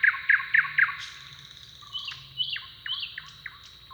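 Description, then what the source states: Bird song: four quick bright chirps, then a series of sharp downward-slurred notes. Song duel between neighbouring males.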